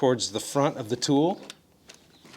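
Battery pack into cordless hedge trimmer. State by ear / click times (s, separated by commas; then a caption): seated / 1.9 s. Someone talks while a battery pack is slid, thicker side first toward the front, into a Litheli U20 cordless hedge trimmer. After the talking stops, a short, sharp click sounds at 1.9 s as the battery seats into place.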